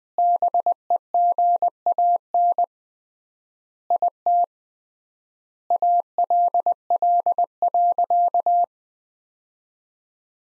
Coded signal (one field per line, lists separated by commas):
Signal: Morse code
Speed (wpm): 21 wpm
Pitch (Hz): 700 Hz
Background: none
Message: BEGAN IT ALL.